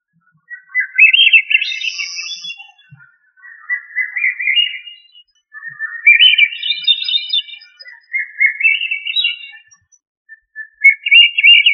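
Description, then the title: Thrush song with varied, rich, warbled phrases, each lasting one to two seconds and separated by short pauses, some phrases rising in pitch. "Familia Turdidae - Sabia"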